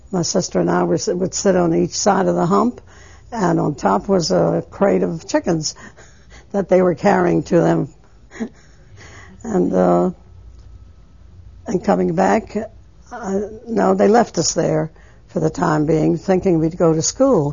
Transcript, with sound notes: My sister and I would sit on each side of the hump, and on top was a crate of chickens that they were carrying to them. ( she laughs ) And coming back, they left us there for the time being, thinking we'd go to school.